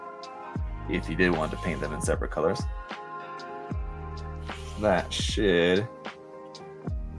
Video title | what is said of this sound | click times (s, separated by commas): USAGS Black Friday Live Build Marathon! | click into place I didn't really hear it clicking but | none